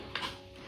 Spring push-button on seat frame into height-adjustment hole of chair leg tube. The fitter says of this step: ఈ whatever this is ఇది lock అయిపోయింది.